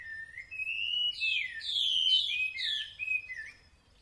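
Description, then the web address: Taiwan hwamei song: loud, fluid whistled phrases that rise and fall, with slurred sweeping notes flowing in a continuous melodic stream. Recorded at Yushan. "台灣畫眉. Yushan"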